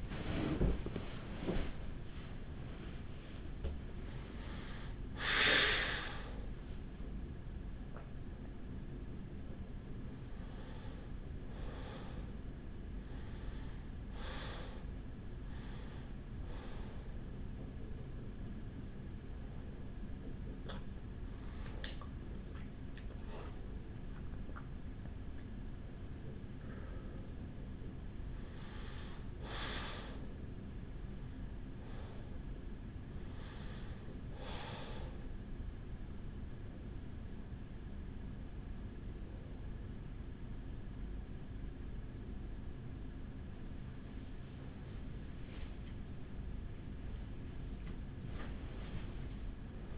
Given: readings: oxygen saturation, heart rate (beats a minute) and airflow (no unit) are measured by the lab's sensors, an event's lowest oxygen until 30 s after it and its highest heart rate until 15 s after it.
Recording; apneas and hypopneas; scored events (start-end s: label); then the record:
a person awake in a sleep study, by a smartphone at the bedside; none
0.00-49.98 s: awake
From the record:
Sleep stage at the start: awake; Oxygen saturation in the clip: 94 to 95%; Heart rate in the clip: 45 to 79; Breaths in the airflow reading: 16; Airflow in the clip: -14.6 to 8.2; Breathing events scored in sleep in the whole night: 207 in 7.6 hours asleep